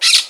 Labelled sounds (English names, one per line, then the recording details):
Brown-throated Parakeet contact call
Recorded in Margarita
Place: Just E of turn-off to San Francisco, near mirador
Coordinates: 11.058, -64.282